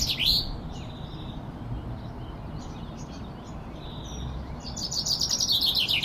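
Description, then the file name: Common chaffinch song: a bright descending sweep at the start, then a quick run of high, slightly falling notes near the end, with other faint bird calls and low background rumble. "Fringilla coelebs"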